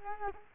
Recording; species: mosquito wingbeat signal from an infrared sensor; Culex quinquefasciatus